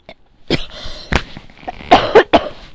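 A bout of about five short, sharp coughs from an adult in under three seconds, with brief quiet gaps between them. The bursts are abrupt and noisy with no clear wheeze, in a small indoor room.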